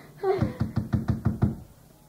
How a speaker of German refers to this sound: der würde ganz anders klopfen